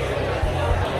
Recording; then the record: background sound without coughing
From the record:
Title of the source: CITY SOUNDS Busy Bar in the Evening Night - 2 HOURS of Ambiance for Relaxation